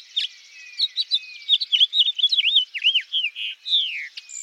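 House finch song: a fast, jumbled warble of high slurred notes, ending in a long downslurred note, over a steady high hiss.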